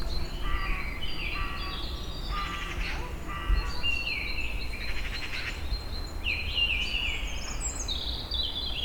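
Birds calling in chorus: repeated chirps, short trills and whistled notes from several birds, steady low rumble underneath.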